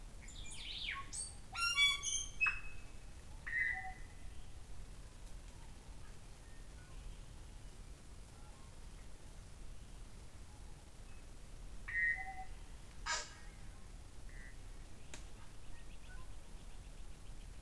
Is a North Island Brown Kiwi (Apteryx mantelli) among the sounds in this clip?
no